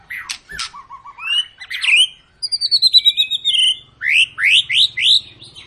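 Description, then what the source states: White-rumped shama song: loud varied whistles, a fast run of repeated high notes, then rising, upslurred whistles repeated several times. Long lure recording (pancingan) of a constantly singing (gacor) white-rumped shama, used to prompt other birds to sing.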